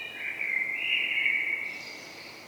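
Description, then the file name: Common blackbird singing one phrase, a rich mellow warble that rises slightly and then tails off into a faint, high, scratchy twitter. "Turdus merula"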